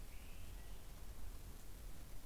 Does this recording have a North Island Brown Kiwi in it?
no